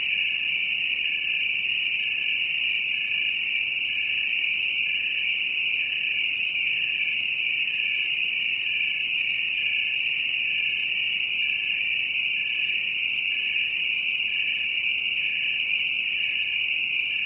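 Crickets chirp in a constant shrill trill that holds level throughout, with soft pulsed accents repeating regularly underneath.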